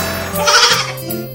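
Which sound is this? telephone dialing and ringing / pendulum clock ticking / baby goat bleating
baby goat bleating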